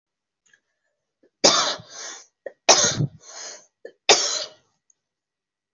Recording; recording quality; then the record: heavy voluntary cough; excellent, no background noise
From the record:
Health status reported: healthy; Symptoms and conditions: none ticked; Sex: female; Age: 30 years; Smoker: not ticked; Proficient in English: yes